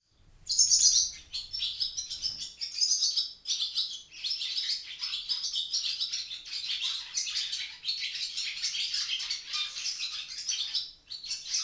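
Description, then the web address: Barn swallow twittering: fast, dense high chirps and chatter run almost without pause, with brief louder bursts and a short low rumble near the start. "ixoi Stavloxelidono"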